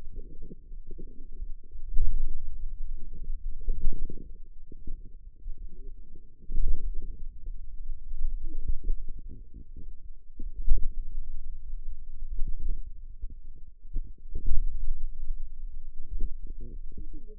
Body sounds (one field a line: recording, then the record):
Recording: forearm muscle sounds (acoustic myography)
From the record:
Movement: pen grasping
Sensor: system 2, bracelet of six BSWA MPA416 microphones around the upper forearm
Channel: 6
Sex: female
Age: 21 years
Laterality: right